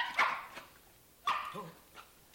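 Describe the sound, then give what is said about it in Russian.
A dog named Top, having caught the sound of someone's footsteps, gives two sharp, loud barks about a second apart, each followed by a fainter, higher yip, with no voices around them. “Слышите? Топ учуял чьи-то шаги.”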